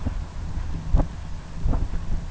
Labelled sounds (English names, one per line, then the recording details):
none
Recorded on Arctic tundra, site UTQI-2, on 11 June 2019
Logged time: 20:00